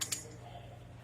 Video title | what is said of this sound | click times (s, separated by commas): wheel hub assembly inspection | then you want to turn it until you hear it click. There we are. | 0.0 s, 0.1 s